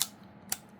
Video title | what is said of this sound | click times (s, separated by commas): Du All Camera's Eclair ACL Magazine loading and mounting instructions tutorial | you hear a click. | 0.5 s